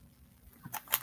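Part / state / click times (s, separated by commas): jewelry clasp closing on its catch / seated / 0.7 s, 0.9 s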